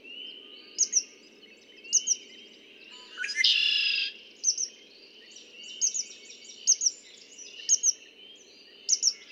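Red-winged blackbird song, a single harsh buzzy trill lasting under a second, amid repeated high paired chips and steady low background noise.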